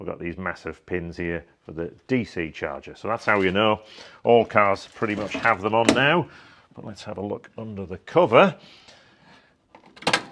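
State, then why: Released. Someone talks about the large DC charger pins on an EV charge point, then releases the cover latch on the charge point enclosure to look underneath. A short burst of sharp clicks follows, and the latch opens with clicks at 10.1 s and 10.1 s, a click linked to the tamper-protection switch under the door.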